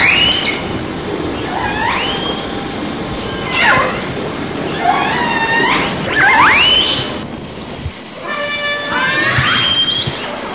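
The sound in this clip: Orca pulsed calls repeated several times, each a squealing note that jumps or rises then holds steady, with harmonic bands, against a constant hissing background.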